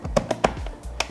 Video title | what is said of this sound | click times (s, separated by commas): 2020-2024 MK5 Toyota GR Supra Carbon Fiber Mirror Cap Replacement Installation | you can hear that clicking a little bit | 0.4 s, 1.0 s